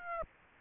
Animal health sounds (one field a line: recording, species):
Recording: mosquito wingbeat signal from an infrared sensor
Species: Aedes aegypti